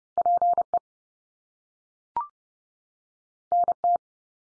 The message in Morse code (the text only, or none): PE NT